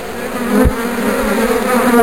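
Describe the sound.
Bees buzzing, a steady low droning hum with occasional soft knocks.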